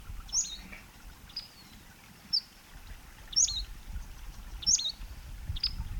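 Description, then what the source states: Western Flycatcher calling: a run of short, piercing high notes repeated roughly once a second over faint background hiss. Same individual, in a new numbered series.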